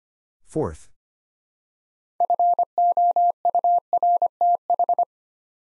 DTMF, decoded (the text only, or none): none